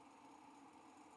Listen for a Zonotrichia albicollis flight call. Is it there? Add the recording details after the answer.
no. No flight call is heard. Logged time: 08:52 on 5 December 2014